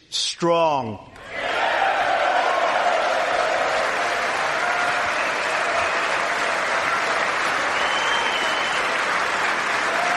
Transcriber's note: applause